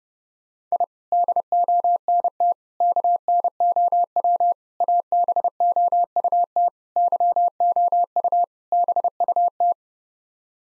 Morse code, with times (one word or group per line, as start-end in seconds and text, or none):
0.7-0.8 I
1.1-2.5 DONT
2.8-4.5 KNOW
4.8-6.7 ABOUT
7.0-8.4 YOU
8.7-9.7 BUT